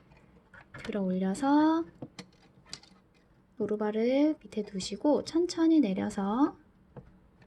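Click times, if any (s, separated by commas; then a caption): none. Someone talks while handling a presser foot for a sewing machine, raising the lever, placing the foot underneath the presser foot holder and slowly lowering the holder, with a few brief sharp handling taps between the speech. Nothing has seated or clicked yet; the clip ends just before the foot clips onto the shank.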